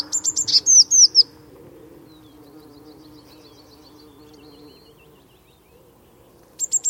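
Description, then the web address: Eurasian blue tit giving a fast string of high, downslurred tsee notes and chatter, then a long pause before a new burst begins. "cianscape birddata Deverinetal 2025 Bird Only Cy Ca"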